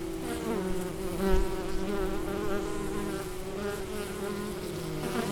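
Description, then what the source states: Bee wing hum, a sustained low buzz that peaks in loudness just after one second, then settles to an even drone. In flight.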